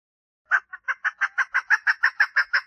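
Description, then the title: Partridge calling: a steady run of rasping, repeated notes, evenly spaced and rhythmic, after a short silent start. "Perdiz Cantando"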